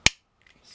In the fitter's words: qui est très solide c'est bon tout est bien clipsé on